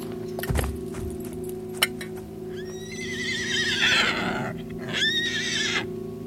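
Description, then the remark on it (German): A soldier's horse, trembling after its rider falls from the leather saddle, gives two loud, shrill whinnies, the first long and quavering, the second shorter, over a steady low hum with a few sharp clicks and thumps beforehand. “Das Ross sprang vor, blieb zitternd stehen und wieherte so schrecklich, als riefe es nach Hilfe für seinen Herrn.”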